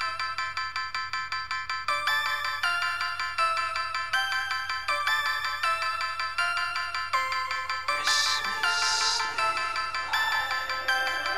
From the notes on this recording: Christmas sleigh ride in the snow